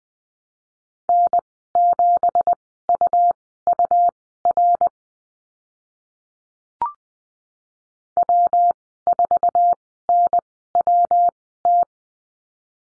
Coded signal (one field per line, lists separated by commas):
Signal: Morse code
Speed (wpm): 20 wpm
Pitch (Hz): 700 Hz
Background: none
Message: N7UUR W4NWT